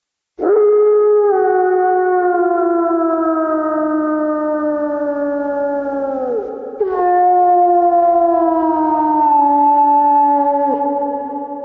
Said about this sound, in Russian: Так предки его рода воют на луну и сегодня.